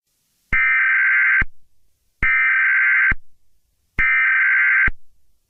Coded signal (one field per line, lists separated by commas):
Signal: Emergency Alert System (SAME) tones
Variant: header bursts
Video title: EAS Scenario - EF6